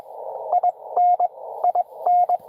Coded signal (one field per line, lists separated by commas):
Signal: Morse code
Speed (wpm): 24 wpm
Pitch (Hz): 700 Hz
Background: radio noise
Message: IN IN